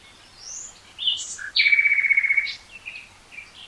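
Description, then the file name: Common nightingale song with a few high chirps before a long even rattling trill on one pitch, then scattered soft notes. "Luscinia megarhynchos"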